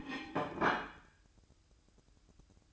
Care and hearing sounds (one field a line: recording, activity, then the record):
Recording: daily activity, microphone in the room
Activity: place plate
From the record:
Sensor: 2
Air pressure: 1007.3 hPa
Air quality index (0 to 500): 40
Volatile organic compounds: 1 ppm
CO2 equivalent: 541 ppm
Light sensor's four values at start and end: 6/15/6/6 and 6/15/6/6